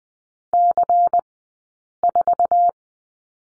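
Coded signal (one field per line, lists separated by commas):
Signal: Morse code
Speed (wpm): 20 wpm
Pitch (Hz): 700 Hz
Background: none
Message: C4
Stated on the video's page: Morse code course lesson on the number 3, two-character groups, Farnsworth speed 20/10 wpm.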